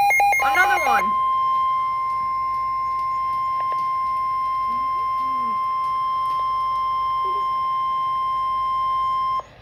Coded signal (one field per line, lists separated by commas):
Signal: Emergency Alert System (SAME) tones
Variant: 1050 Hz attention tone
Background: speech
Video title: EAS #286 - Severe Thunderstorm Warning for Atlantic, Burlington, and Ocean Counties in NJ